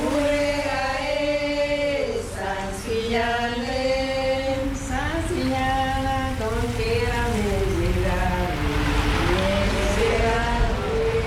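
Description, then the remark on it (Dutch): Scooters and cars drive past on a street in Bonaire where people walk and take photos, their buzzing engines whining and shifting in pitch over a steady wash of traffic noise that stays loud throughout. “Ja, je ziet hier mensen lopen, er rijden scooters langs, auto's, er worden foto's gemaakt.”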